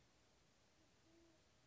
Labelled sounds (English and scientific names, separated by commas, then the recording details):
Band-tailed Pigeon (Patagioenas fasciata)
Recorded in Sonoma County, California